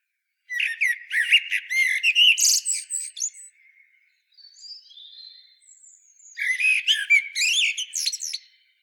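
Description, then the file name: Common blackbird song phrases: fluty low whistles running into dense squeaky twitters, a soft thin warble in the pause, then another strophe of whistles and high chatter. "Turdus merula"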